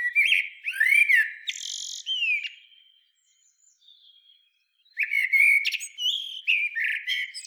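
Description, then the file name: Common blackbird song in two bursts: fluty slurred whistles followed by scratchy high twitters, with a quiet pause between them. "Turdus merula"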